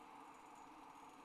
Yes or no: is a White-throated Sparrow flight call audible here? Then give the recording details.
no. No flight call is heard. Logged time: 21:49 on 29 November 2014